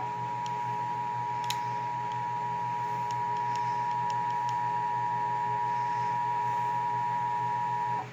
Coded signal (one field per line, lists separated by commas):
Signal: Emergency Alert System (SAME) tones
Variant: 853 and 960 Hz attention tone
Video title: FRIDAY DAY... EAS Alerts from 11/4/22